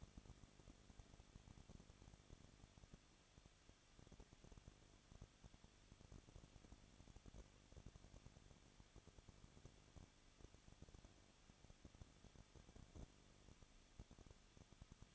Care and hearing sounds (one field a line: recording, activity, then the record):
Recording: daily activity, microphone in the room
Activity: no activity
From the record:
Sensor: 4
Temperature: 23.0 degrees Celsius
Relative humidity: 34.3%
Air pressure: 1007.2 hPa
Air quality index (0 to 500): 217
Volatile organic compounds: 15 ppm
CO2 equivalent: 2518 ppm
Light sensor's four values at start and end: 2/3/1/1 and 2/3/1/1